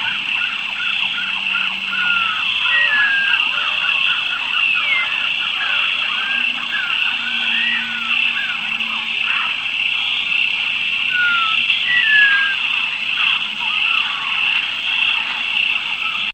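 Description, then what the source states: Bird calls, many whistled slurred notes and chirps over a loud constant drone. Tropical forest.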